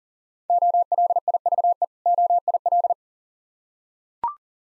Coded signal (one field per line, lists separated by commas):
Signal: Morse code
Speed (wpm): 43 wpm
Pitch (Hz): 700 Hz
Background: none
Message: OLIVE OIL